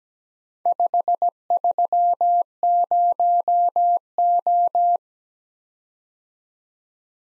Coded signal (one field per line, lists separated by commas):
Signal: Morse code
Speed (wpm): 17 wpm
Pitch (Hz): 700 Hz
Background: none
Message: 530O